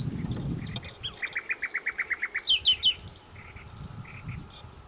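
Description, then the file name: Common nightingale song: high whistled notes, then a rapid run of about ten throbbing repeated notes, a few sharp falling notes and quieter chirps, low rumble beneath. "Luscinia megarhynchos"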